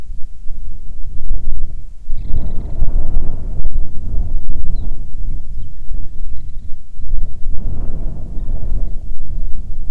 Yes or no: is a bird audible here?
yes